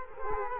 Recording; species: mosquito wingbeat signal from an infrared sensor; Culex quinquefasciatus